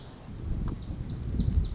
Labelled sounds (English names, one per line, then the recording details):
Lazuli Bunting
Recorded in Sonoma County, California